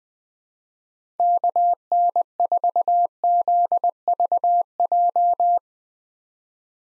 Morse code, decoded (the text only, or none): KN4ZVJ